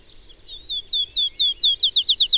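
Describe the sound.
Bird song: a quick run of clear, high, downslurred notes, each repeated rapidly and growing louder, ending in a faster series.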